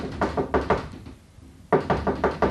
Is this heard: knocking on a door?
yes